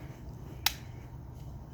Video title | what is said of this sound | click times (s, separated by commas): Playskool Dolly Surprise Doll From Ebay | Yeah, you heard that click, release her hair. | 0.7 s